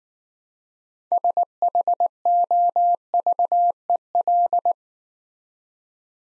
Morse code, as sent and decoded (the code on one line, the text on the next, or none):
... .... --- ...- . .-..
SHOVEL